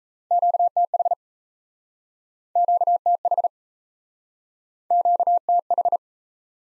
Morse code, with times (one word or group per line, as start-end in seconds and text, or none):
0.3-1.1 QTH
2.6-3.5 QTH
4.9-6.0 QTH